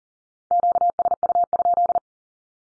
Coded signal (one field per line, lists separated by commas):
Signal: Morse code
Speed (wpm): 40 wpm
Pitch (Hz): 700 Hz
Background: none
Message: QSU?